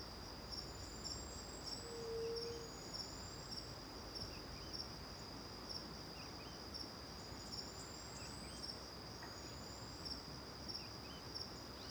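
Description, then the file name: Cricket trill of rapid, even high pulses throughout, with thin rising bird whistles, scattered soft chirps and one low tone early on. Recorded in the morning, back to the river near the Angélica cave; crickets far at first, then near; AB stereo recording. "De costas para o rio perto da caverna angelica de manha, varios passaros, grilos longe e depois perto, gravacao em ab"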